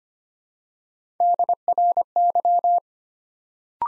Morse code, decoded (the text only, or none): DRY